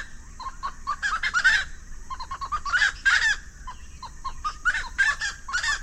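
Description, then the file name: Russet-naped wood rail: clusters of loud, rasping cackles roughly every second or two, each preceded by soft clucks, with a low steady background hum. "Golosa ptic - Ryzheshapochnyj lesnoj pastushok Aramides albiventris"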